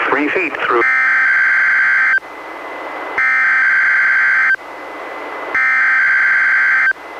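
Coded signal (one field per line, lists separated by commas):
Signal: Emergency Alert System (SAME) tones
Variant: header bursts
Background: speech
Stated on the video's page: Required Weekly Test from the National Weather Service relayed by NOAA Weather Radio station in Astoria, received on a Reecom R-1630 weather radio and recorded through a Zoom H1.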